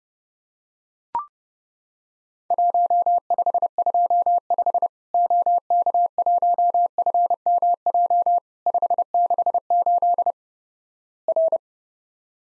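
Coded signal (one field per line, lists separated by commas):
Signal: Morse code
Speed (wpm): 31 wpm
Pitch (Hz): 700 Hz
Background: none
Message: 1525 OK1FMJ 568 R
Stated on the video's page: Morse drill of Worked All Europe DX Contest QTC exchanges at 30 wpm, each sent in Morse, then spoken, then sent again.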